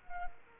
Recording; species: mosquito wingbeat signal from an infrared sensor; Culex quinquefasciatus